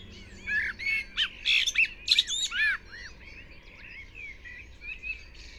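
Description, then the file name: Common blackbird calls: a run of loud harsh squawks and arched chirps bunched in the first three seconds, then softer scattered chirps trailing off. "Turdus merula"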